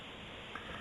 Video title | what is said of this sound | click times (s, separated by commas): thay bàn phím laptop HP Pavilion Compaq Presario G62 G72 | evenly on all four sides until it clicks onto the hinges. | 0.6 s